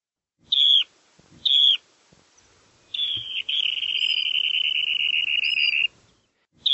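Bird calling with two brief whistled notes followed by a sustained, slowly falling whistle of about three seconds, and another short note beginning at the end.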